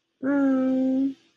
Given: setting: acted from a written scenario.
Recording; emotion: vocal sound without words; sympathy